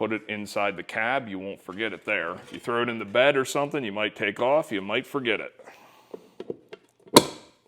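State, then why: Seated. Someone talks, then after a few quiet ticks a Wolfsnout fuel access cover plate is pressed closed into the body panel of a 2025+ RZR Pro XP side-by-side, giving a loud snap at 7.2 s. The plate latches and is firmly held.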